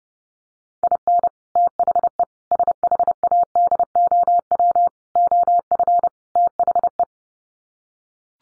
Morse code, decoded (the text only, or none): IN THE SHADOW OF THE